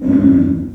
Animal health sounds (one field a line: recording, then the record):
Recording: squeal of a Yucatan mini pig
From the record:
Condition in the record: after surgery on the right vocal fold (resection and tissue-engineered implant)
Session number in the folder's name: 5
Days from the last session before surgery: 33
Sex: female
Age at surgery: 19 weeks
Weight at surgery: 25 kg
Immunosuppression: prednisolone